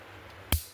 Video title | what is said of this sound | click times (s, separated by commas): How DO you Change the Front Brake Discs and Pads on a Volvo XC90? 🤔 | so you hear a click. | 0.5 s